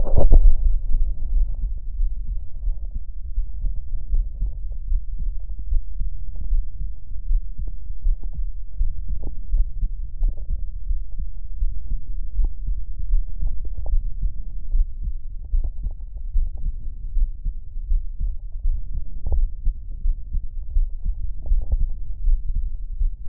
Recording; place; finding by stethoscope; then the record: heart sounds by stethoscope; pulmonary valve (PV); normal heart sounds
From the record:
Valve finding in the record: normal valve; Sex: male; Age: 20 years